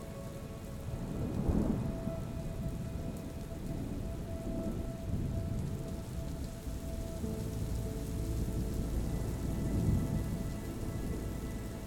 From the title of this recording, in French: Son du TONNERRE et MUSIQUE Relaxante